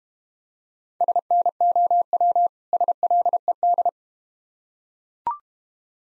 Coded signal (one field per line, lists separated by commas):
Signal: Morse code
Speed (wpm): 32 wpm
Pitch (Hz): 700 Hz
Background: none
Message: SNOW SLED